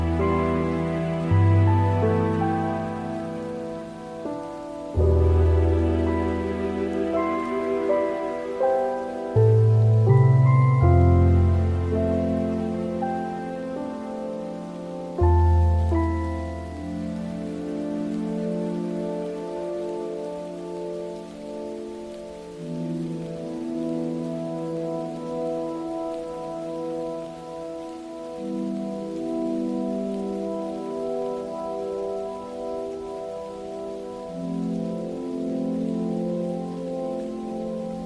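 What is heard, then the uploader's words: Gentle music plays over a soft, steady hiss of rain. Deep low notes land about every five seconds through the first fifteen seconds, then drop out, leaving sustained mid-range chords and a quiet, slowly moving melody for the rest. Relaxing minecraft music with soft rain.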